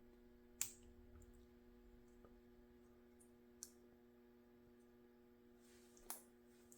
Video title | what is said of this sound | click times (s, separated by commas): Peco N Gauge KNR 167 Tank Car Build | There we go. Those push in and snap. | 0.6 s, 3.6 s